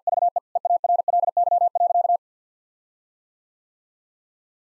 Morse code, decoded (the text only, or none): VE EARLY.